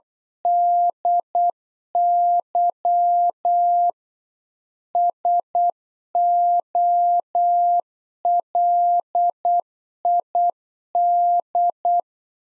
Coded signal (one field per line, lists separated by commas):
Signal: Morse code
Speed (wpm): 8 wpm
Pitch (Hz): 700 Hz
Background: none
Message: DY SOLID